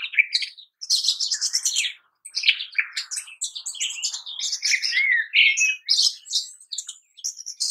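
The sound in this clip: Rosy starling chattering: loud harsh bursts and squeals mixed with a brief rising whistle, delivered in rapid clusters with a few short silences.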